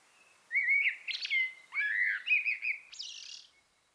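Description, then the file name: Common blackbird singing one phrase of sliding, mellow whistles that rises into a high, scratchy twitter at the end. "Turdus merula"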